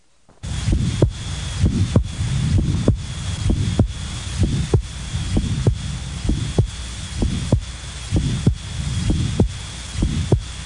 Aortic prosthetic valve sound and murmur. All prosthetic valves in the aortic and mitral positions are associated with a soft, early systolic or mid-systolic ejection murmur. This murmur is heard best over the tricuspid, mitral, and aortic areas and sounds similar to the mild aortic stenosis murmur.